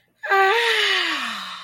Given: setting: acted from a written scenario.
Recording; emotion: vocal sound without words; ecstasy